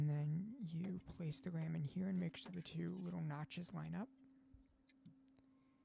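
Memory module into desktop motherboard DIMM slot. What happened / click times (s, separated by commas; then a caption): The module was positioned in its slot but not yet clicked home / none. Someone talks while a desktop memory stick (RAM module) is placed into a motherboard DIMM slot and its two notches are lined up before it is pushed down. After about 4.0 seconds the talking stops, leaving a steady low hum and a few faint handling ticks. Nothing has seated or clicked yet.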